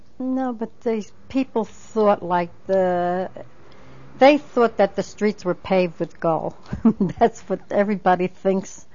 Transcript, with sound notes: No, but the people thought, like, they thought that the streets were paved with gold. (She laughs) That's what everybody thinks.